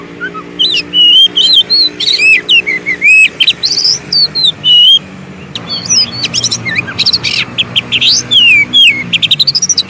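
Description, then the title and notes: Oriental magpie-robin song: loud varied whistled phrases, rising and falling slurs and rapid chip series, nearly continuous. Long-duration fill-in song for training magpie-robins to sing actively day and night. "Kacer Jadi Gacor Siang Malam. Isian Kacer Durasi Panjang"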